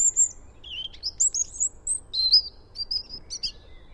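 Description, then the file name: European robin singing thin, high, varied phrases of sweet whistles and quick trills, with short pauses between each phrase over a quiet background. "Erithacus rubecula"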